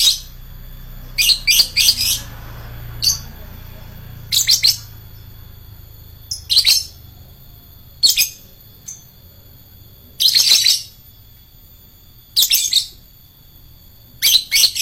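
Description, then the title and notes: Lovebird giving sharp, shrill chirp bursts, some in quick doubles, scattered irregularly, with a soft low rumble and a thin steady tone behind. Adult lovebird of the fighter type. "#4. LOVEBIRD FIGTER. Lovebird Dewasa"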